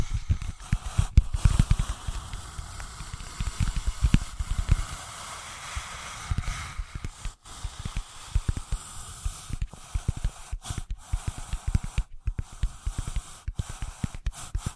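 Invisible tapping, scratching and tracing: soft, dense scratchy rubbing runs throughout, with a hissy, spray-like texture. Light taps and thumps land irregularly and often, heaviest in the first five seconds, with brief near-silent gaps around 7, 10 and 12 seconds.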